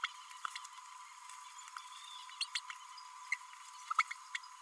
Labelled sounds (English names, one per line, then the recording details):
Green-rumped Parrotlet babbling
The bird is a male
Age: 29 days
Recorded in a nest box in Venezuela
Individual 17B32A6